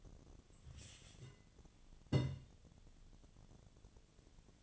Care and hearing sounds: daily activity, microphone in the room; take from stove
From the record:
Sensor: 4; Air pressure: 1010.8 hPa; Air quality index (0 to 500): 168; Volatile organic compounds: 5 ppm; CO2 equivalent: 1714 ppm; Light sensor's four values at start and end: 39/111/45/46 and 39/112/45/46

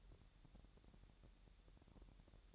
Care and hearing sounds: daily activity, microphone in the room; take from stove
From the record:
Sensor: 3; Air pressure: 1012.0 hPa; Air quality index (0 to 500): 203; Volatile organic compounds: 3 ppm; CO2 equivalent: 1522 ppm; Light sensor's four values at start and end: 109/258/106/94 and 109/258/106/94

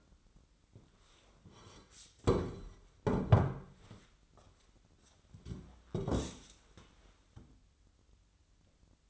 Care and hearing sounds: daily activity, microphone in the room; sit down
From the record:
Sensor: 3

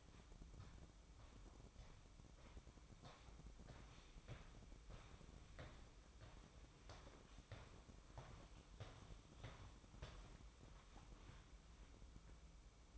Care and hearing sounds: daily activity, microphone in the room; walk to room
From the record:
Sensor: 1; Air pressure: 1008.2 hPa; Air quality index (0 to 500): 138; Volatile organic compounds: 2 ppm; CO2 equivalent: 1161 ppm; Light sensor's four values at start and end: 9/22/9/10 and 9/22/9/9

